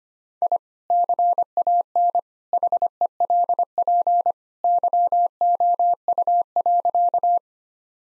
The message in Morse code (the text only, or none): I CAN HELP YOU.